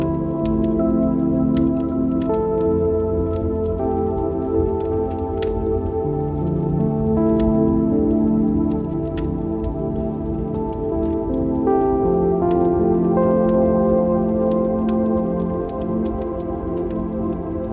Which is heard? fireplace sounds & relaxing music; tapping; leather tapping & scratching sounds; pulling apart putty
fireplace sounds & relaxing music